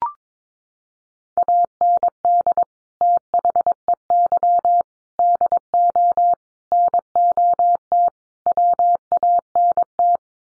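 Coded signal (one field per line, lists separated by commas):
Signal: Morse code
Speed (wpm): 22 wpm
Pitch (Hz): 700 Hz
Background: none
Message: AND THEY DO NOT WANT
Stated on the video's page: Morse head-copy drill of common five-word groups at 22 wpm, each set sent in code, spoken, then resent.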